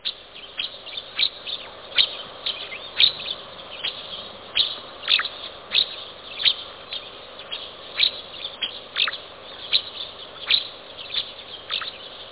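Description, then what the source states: Bird chirps: sharp, high, downward-sweeping notes repeated at an uneven pace. Recorded in Hiroshima, Japan.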